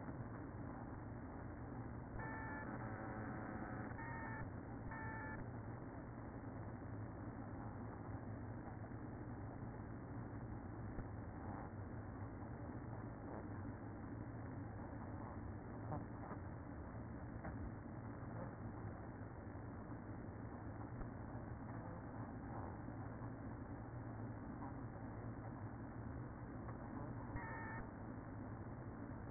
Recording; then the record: honeybee colony, microphone inside the hive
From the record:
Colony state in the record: queen present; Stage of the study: after two queens were removed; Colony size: about 60,000 bees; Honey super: yes